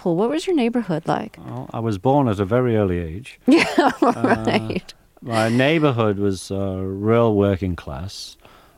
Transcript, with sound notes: What was your neighborhood like?
Well, I was born at a very early age.
(Laughter) Right.
My neighborhood was real working class.